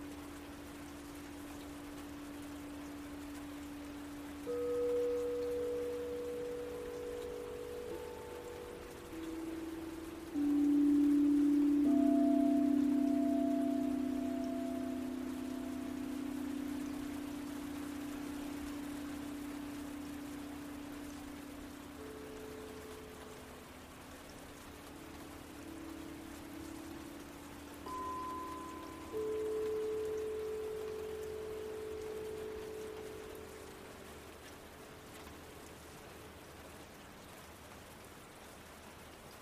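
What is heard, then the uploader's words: Singing bowls ring over a steady patter of rain. Fresh strikes land around 5, 11 and 29 seconds, each a low humming tone with fainter higher overtones that swells, then slowly fades and lingers. The soft, even rain hiss continues throughout underneath. Singing Bowls With Relaxing Rain For Seven-Chakra Alignment.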